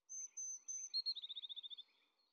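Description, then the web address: Eurasian blue tit calling: a few thin, high whistled notes, then a quick, slightly descending trill of short notes. Midday. "Fontainebleau Demo. blue tit"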